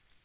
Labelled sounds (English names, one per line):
Black-throated Green Warbler flight call